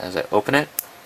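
A folding tool blade is pulled out of the body of a Victorinox SwissTool Spirit multi-tool, opening toward its handle lock, while someone talks. A brief, sharp broadband tick is heard at about 0.8 s as the talking fades. Nothing has seated or locked into place yet.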